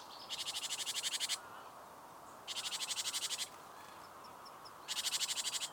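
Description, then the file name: Great tit churring calls: three harsh, buzzy rattles of rapid pulses, each about a second long, with short gaps between and faint high chips. "Parus major"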